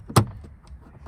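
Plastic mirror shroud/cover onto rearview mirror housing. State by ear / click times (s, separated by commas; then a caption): seated / 0.2 s. A plastic mirror shroud on a Saab 9-5 rearview mirror housing has its tabs lined up around the buttons and is pressed into place. It gives one sharp click at 0.2 s, with a few faint ticks and rustles around it. The shroud seats nice and snug.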